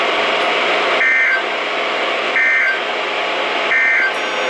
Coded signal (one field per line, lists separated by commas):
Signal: Emergency Alert System (SAME) tones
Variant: end-of-message bursts